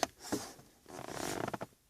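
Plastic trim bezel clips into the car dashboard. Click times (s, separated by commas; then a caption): 0.0 s, 1.1 s, 1.4 s, 1.5 s, 1.6 s. A radio and HVAC trim bezel on a 2003 Honda Accord is lined up and pressed around its edges into the dashboard. Its six plastic retaining clips snap into place with sharp clicks at 0.0, 1.1, 1.4, 1.5, 1.5 and 1.6 seconds, between soft creaks and rubbing of the plastic. The bezel ends up seated.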